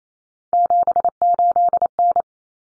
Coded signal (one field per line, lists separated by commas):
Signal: Morse code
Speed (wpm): 28 wpm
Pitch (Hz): 700 Hz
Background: none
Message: 78N